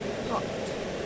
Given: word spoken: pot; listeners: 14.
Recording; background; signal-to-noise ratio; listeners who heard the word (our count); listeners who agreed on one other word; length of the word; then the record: one English word in noise, from a listening test; speech-shaped noise; -5.5 dB; 5 of 14; 9 of 14; 0.66 s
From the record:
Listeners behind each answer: 9, 5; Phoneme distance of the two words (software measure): 10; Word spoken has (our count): 1 syllable, 3 phonemes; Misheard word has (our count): 1 syllable, 3 phonemes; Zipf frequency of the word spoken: 4.76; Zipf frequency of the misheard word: 5.14